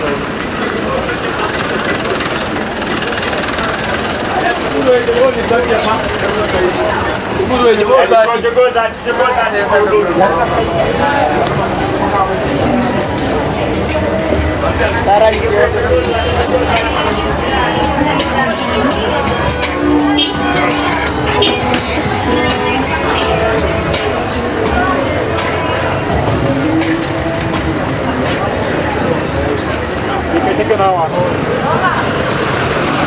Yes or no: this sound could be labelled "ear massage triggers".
no